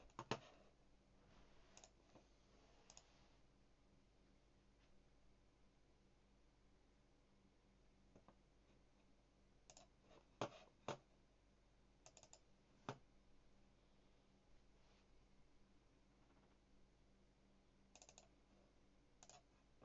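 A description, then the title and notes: Someone types on a mechanical keyboard in sparse, irregular bursts of sharp clicks, with long quiet pauses and a low steady hum underneath. Coding PHP on a HyperX Alloy FPS mechanical keyboard with Cherry MX Blue keys. Coding on a mechanical keyboard.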